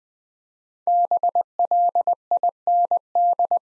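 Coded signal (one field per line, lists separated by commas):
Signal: Morse code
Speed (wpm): 20 wpm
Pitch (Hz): 700 Hz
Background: none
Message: BLIND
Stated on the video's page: Morse practice drill at 20 wpm, building 5-letter words one letter at a time for instant character recognition.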